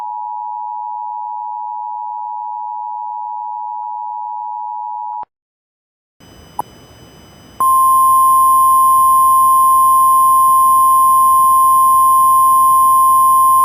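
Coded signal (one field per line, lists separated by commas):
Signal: Emergency Alert System (SAME) tones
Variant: 853 and 960 Hz attention tone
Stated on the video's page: Mock recreation of a real civil emergency message EAS alert from Roane County.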